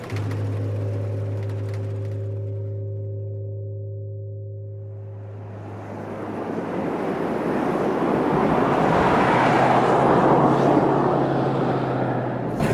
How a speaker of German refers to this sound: Was für eine stürmische Nacht. Ist den Wagen überhaupt auf der Straße zu halten